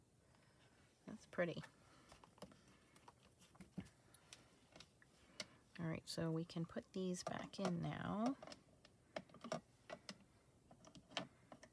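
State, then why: Seated. Plastic half pans of Arteza metallic watercolor paint are pressed back into a metal palette tin while someone talks, with light taps and clacks throughout. Sharp snaps at 9.2, 10.1 and 11.2 seconds mark the pans seating firmly in place.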